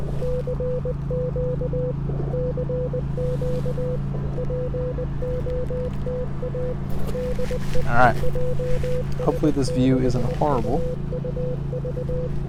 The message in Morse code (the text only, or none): CQ CQ POTA DE JS6UUV